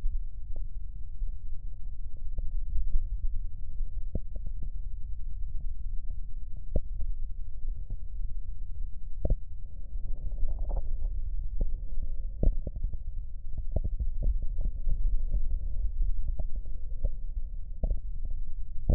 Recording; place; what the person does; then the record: lung sounds by stethoscope; right posterior basal chest; quiet breathing, then deep breathing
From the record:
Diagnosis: COPD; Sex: male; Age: 64 years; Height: 166 cm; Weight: 92.7 kg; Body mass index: 33.6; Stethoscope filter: extended mode